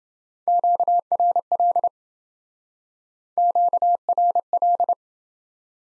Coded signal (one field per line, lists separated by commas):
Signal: Morse code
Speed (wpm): 28 wpm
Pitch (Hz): 700 Hz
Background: none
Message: QRL QRL